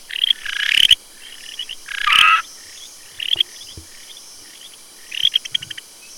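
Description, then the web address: Frog calls, loud raspy bursts followed by quicker clicking pulse series, with brief gaps of quiet between. Recorded 9 August 2015. "frog rec 150809"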